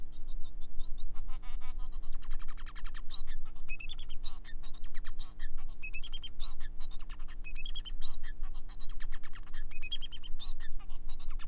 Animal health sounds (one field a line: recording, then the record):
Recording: song of a male Bengalese finch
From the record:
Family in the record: son of father 4